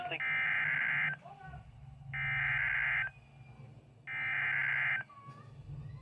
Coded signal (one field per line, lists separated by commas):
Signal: Emergency Alert System (SAME) tones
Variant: header bursts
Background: speech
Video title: STARLESS II - EAS Alerts from 5/26/24 #52-61